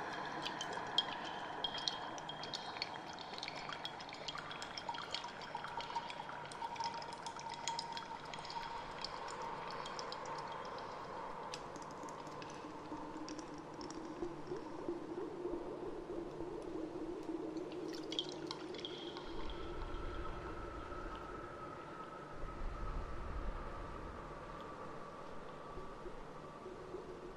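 Underwater water sounds form a steady murky wash, with slow gliding tones like a siren's song, scattered bubbly clicks, and low thuds near twenty seconds.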